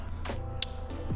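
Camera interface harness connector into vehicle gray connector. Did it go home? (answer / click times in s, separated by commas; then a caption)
yes / 0.6 s. Connector A of a front camera interface harness is pushed straight into the gray vehicle connector behind the radio of a Toyota Corolla, producing a single sharp click at 0.6 s over a steady low hum. The connector is seated.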